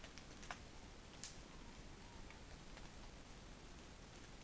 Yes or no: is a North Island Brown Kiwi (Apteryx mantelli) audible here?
no